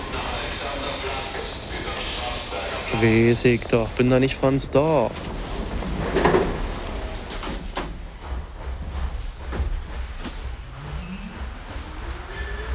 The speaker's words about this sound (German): Zug kommt. Der Zug kommt. Schön neu, der Zug.